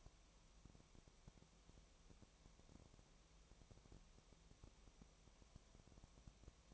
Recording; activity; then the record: daily activity, microphone in the room; no activity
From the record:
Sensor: 1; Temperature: 19.4 degrees Celsius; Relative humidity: 35.7%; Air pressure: 1003.3 hPa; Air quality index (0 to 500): 113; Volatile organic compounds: 2 ppm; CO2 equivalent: 1258 ppm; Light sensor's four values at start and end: 1/2/1/1 and 1/2/1/1